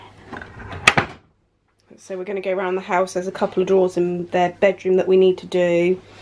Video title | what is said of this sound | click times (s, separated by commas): Riding Solo - Oven Issues | get in this drawer and they should press the little click so | 0.9 s